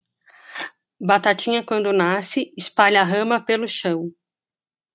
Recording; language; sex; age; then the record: short text; Brazilian Portuguese; female; 40 to 49 years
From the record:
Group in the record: control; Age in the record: 44 years